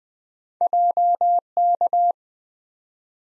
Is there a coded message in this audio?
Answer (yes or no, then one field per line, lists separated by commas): yes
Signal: Morse code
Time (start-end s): 0.6-2.1 s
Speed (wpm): 20 wpm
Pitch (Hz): 700 Hz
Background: none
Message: JK